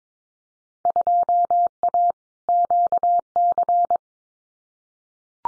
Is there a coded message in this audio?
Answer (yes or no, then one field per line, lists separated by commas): yes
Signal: Morse code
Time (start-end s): 0.9-4.0 s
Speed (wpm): 22 wpm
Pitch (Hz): 700 Hz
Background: none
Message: 2A QC